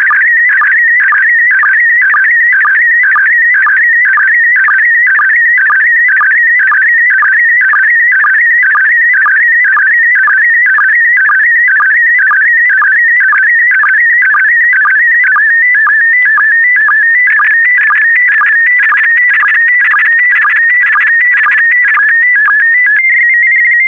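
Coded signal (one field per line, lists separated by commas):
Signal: SSTV (slow-scan television)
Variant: PD120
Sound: continuous warbling, chirping tone with a regular short low blip about twice a second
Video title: (11 of 12) ARISS 20 Years - Series 7 July 2017 - Retransmission SSTV PD120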